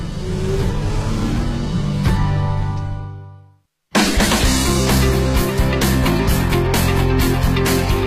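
A car engine revs with a deep, steady hum that fades away, then after a short silence a loud, roaring engine surges up and keeps running.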